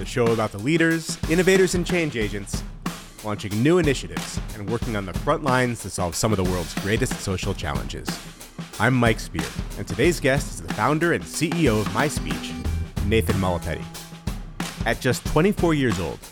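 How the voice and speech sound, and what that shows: A man speaks clearly and fluently at a steady, even pace, introducing a show and its guest: typical adult speech.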